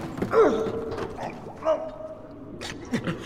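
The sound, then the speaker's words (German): A door creaks open in several strained, wavering groans of rising and falling pitch, then gives way with a dull knock and a brief rattle near the end. “Vorsicht, die Tür!”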